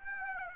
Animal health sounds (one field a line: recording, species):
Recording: mosquito wingbeat signal from an infrared sensor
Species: Aedes aegypti